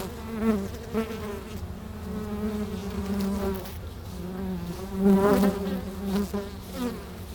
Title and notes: Plantentuin, Meise, Belgique - Abeilles - Bees. Meise, Jardin botanique. Pavillon des abeilles, micros placés à l'entrée de la ruche. Meise, botanical garden. Pavilion bees, microphones placed at the entrance of the hive